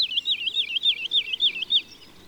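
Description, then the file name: Woodlark song: a fast run of liquid, looping whistled notes, then fading out. March. "Mars LAlouette lulu"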